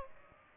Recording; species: mosquito wingbeat signal from an infrared sensor; Aedes aegypti